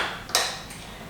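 The folding latch on the metal stem of an Apollo Go electric scooter is unlatched so the handlebars can fold down. A sharp metallic snap is heard at 0.4 s, and the latch is released open.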